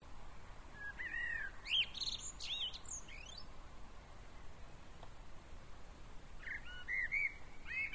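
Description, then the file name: Common blackbird song: a warbled phrase of fluty notes ending in high squeaky twitters, then after a few seconds of quiet another phrase begins, over steady background hiss. "Turdus merula"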